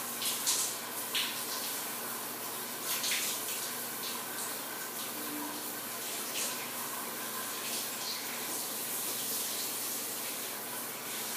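Shower water pours steadily onto hard tile, a dense bright hiss with brief splashy bursts near the start and around three seconds.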